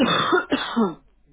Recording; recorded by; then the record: voluntary cough; telephone call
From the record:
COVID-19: positive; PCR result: self-reported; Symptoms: no